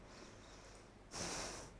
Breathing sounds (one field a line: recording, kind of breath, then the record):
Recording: one breath in and out by a microphone near the nose and mouth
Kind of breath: deep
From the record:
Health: marked as sick, illness not named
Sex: female